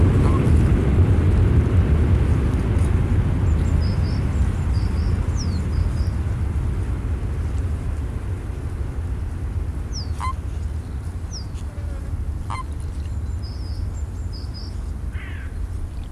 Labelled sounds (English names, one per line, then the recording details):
Common Toad call
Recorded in the wild
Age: adult
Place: Malchower Aue, Berlin, DE
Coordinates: 52.5808, 13.4886
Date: 1990-03-18 11:30
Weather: Luft 22°C, Wasser 10°C
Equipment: Riporter 6 RG-K, Halbspur, Sennheiser MKH 416 T
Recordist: Frommolt, Karl-Heinz